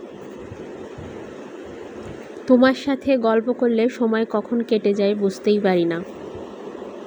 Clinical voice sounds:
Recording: elicited speech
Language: Bengali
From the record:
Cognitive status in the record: cognitively healthy

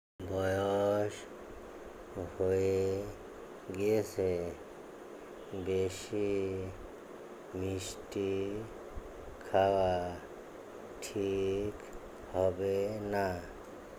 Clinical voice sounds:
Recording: elicited speech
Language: Bengali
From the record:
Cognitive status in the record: dementia

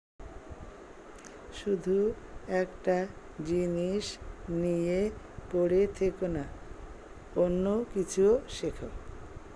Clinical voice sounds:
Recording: elicited speech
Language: Bengali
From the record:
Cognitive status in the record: dementia

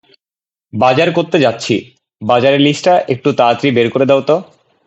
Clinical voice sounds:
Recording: elicited speech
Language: Bengali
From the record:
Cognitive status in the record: cognitively healthy

